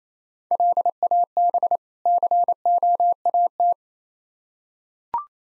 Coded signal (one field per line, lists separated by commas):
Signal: Morse code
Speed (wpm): 28 wpm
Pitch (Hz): 700 Hz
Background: none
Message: LAB COAT